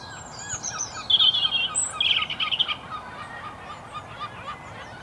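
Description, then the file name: European robin giving a short, high, trilled and warbled phrase in the middle seconds, with fainter thin notes before and after. "Erithacus rubecula"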